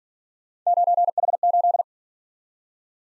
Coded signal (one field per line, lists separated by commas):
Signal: Morse code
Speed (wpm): 46 wpm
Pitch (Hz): 700 Hz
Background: none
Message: 9H8